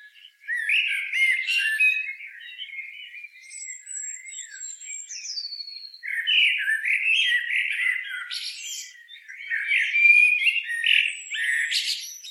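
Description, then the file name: Eurasian blackbird singing: warbled phrases with high squeaky twitters, a quieter stretch with thin high whistles, then louder singing resumes. "Turdus merula"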